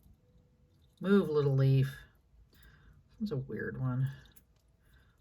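Someone talks while trying to fasten the clasp of a vintage bracelet into its catch as she puts it together, with a faint click near 4.4 seconds. The clasp fails to catch, and nothing has seated or clicked into place yet.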